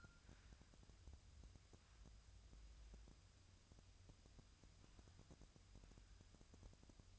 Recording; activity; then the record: daily activity, microphone in the room; wipe stove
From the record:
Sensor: 2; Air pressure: 1004.7 hPa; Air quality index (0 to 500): 74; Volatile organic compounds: 1 ppm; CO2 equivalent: 877 ppm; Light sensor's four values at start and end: 7/16/6/7 and 7/16/6/7